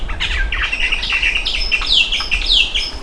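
Bird chirping busily, with many bright chirps and sweeping notes over a low rumble.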